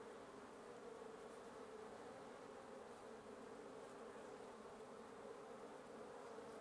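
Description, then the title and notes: Wasps buzzing in a dense, steady drone from a nest, a low continuous hum with no breaks throughout. Wasp nest under the roof of a residence in Antigua Guatemala, Guatemala; recorded in the morning. "1a Avenida Nte 19, Antigua Guatemala, Guatemala - Un nid de guêpes. Un nid de guêpes sous le toit de ma résidence. Prise de sons (matinale) : JF CAVRO"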